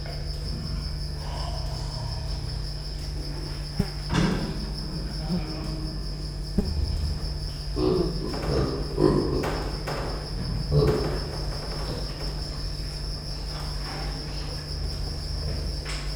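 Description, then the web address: Cricket sustaining a continuous shrill trill while scattered thumps, taps and shuffling noises come and go over a low hum. Recorded at Győr zoo in 2014 with professional gear; insect on the left microphone, amid electrical equipment; quiet still-life scene. "allathangok gyorizoo 2014 professzionalis gallerospavian balmikrofonnalegyrovar elektromosberendezes tucsok csendelet"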